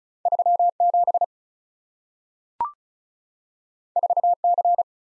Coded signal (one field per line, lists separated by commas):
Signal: Morse code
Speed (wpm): 36 wpm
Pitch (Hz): 700 Hz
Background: none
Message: 37 4C